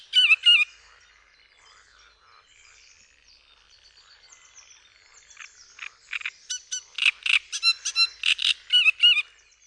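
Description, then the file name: Great reed warbler song: a short harsh phrase, quieter background chirping, then a loud stuttering series of grating, croaking notes at a rapid pace. "TRZCINIAK"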